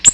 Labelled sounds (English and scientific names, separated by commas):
Ovenbird (Seiurus aurocapilla) flight call